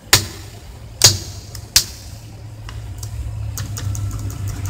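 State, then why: Seated. A large square Enter keycap on an Acer Z3-451 laptop keyboard is pressed down onto its plastic scissor clips, giving sharp snapping clicks at 0.1 s and 1.8 s, with a softer click near 1.1 s. A few faint ticks follow at the end over a low background hum, and the key ends up seated, fully installed.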